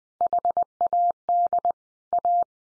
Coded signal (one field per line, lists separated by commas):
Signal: Morse code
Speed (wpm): 20 wpm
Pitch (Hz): 700 Hz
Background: none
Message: HAD A